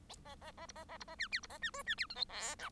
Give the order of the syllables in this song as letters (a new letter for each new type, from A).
A A A B A A B A C D B A C E C D F G H I